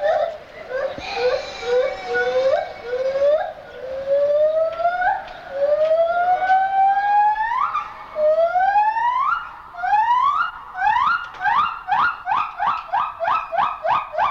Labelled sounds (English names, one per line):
Silvery Javan Gibbon